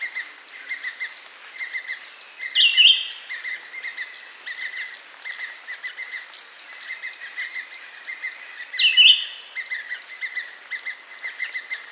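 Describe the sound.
Bird calls: a fast, steady series of very high ticking notes over lower repeated chirps, with two brief buzzy notes standing out.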